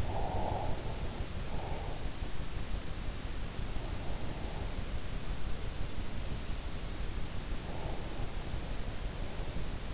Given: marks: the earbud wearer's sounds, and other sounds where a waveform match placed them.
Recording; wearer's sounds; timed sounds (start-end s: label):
sounds in sleep by an in-ear microphone; breath
0.00-1.99 s: breath